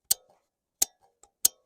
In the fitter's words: I just got to put a little bit of pressure into it, and then it snaps right down into that off safe position.